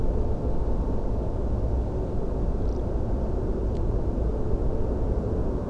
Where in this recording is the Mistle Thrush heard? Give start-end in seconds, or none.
2.61-2.81